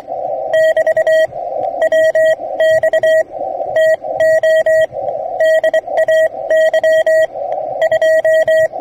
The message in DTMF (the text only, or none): none